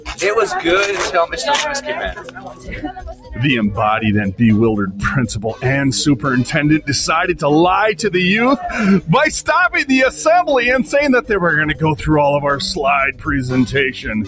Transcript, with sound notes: It was good until Mr. Jones came in.
(laughs)
The embodied and bewildered principal and superintendent decided to lie to the youth by stopping the assembly and saying that they were gonna go through all of our slide presentation.